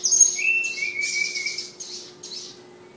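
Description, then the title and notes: Flowerpecker high whistle and thin sliding phrase mixed with loud hissy, rushing bursts that repeat throughout, over a low steady hum. Tledekan (flowerpecker) song of a bird named Ababil, from Kudus; local name also Sulingan. "Tledekan/Sulingan ABABIL. Suara Burung Tledekan Ababil dari Kudus"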